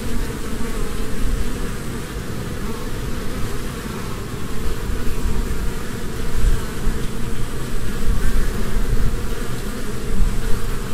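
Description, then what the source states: Honey bees swarming with a loud, rumbling hum that rises and falls in waves over several seconds. Humming of a swarm from a beehive.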